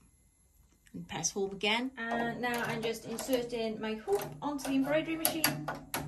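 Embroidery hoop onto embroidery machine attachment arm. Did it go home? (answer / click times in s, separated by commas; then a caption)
no / none. An embroidery hoop holding fabric is being slid onto the attachment arm of an embroidery machine while someone talks. The clip ends just before the hoop goes home, so nothing has seated or clicked yet.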